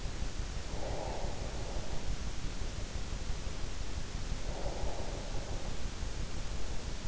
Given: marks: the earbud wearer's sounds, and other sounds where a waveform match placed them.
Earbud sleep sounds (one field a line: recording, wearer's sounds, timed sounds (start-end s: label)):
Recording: sounds in sleep by an in-ear microphone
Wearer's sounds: breath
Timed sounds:
0.57-2.87 s: breath
4.37-7.01 s: breath